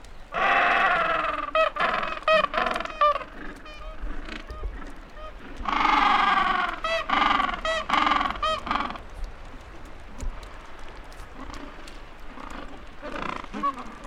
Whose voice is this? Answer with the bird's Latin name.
Pygoscelis papua